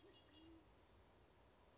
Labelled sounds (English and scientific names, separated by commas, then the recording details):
Band-tailed Pigeon (Patagioenas fasciata)
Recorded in Sonoma County, California